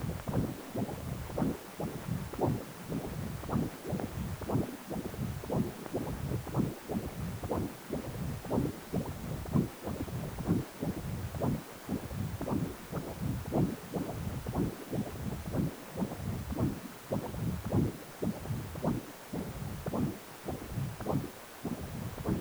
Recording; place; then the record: Doppler ultrasound of blood flow; precordium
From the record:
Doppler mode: continuous wave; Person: healthy adult, 18 to 50 years, no heart murmur, not diving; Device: 2.5 MHz transducer